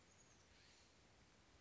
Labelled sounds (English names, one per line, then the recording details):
Oak Titmouse
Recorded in Sonoma County, California